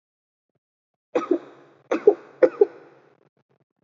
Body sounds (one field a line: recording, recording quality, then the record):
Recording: heavy voluntary cough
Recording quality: excellent, no background noise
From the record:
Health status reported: healthy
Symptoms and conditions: none ticked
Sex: female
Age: 22 years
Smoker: not ticked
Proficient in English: yes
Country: India